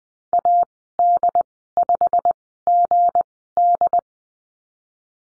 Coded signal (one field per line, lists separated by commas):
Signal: Morse code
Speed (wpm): 19 wpm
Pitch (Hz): 700 Hz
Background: none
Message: AD5GD